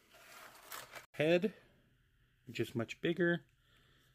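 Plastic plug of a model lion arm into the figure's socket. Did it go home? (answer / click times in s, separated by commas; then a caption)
no / none. A large plastic plug on the green lion arm part of a Bandai Shokugan Voltron Super Mini-Pla plastic model figure is handled near its socket, with soft rustling and a short sharp tick around 0.7 s. Someone talks through the rest of the clip. Nothing has seated or clicked yet; the plug is not yet home.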